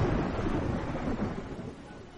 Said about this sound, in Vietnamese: Nước mưa rào rào xóa tung khắp đại địa, nhưng rất khó tẩy ngay đi vết máu trên mặt đất.